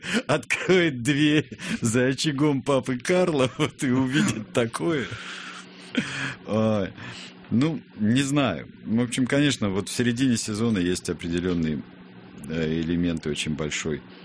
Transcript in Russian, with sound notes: Откроет дверь, за очагом Папы Карло увидит такое. (смеется) Ну, не знаю. В общем, конечно, в середине сезона есть определенные элементы очень большой